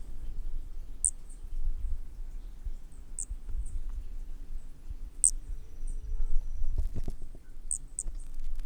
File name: MHNCI Brachy sp ind 7 perdeu 4 notas 20-100 cm Corcovado 18 dez 2017 MRB